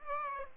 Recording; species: mosquito wingbeat signal from an infrared sensor; Aedes aegypti